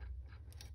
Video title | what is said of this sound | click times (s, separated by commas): How to thread bobbin & needle on Janome HD1000 | and you got to twist it back until it locks in place | 0.5 s, 0.6 s